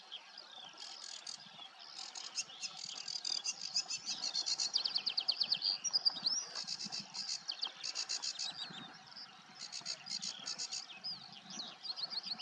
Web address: ptaki rokitniczka rokitniczka